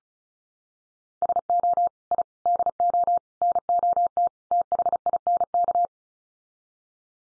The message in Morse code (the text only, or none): SO I DO NOT THINK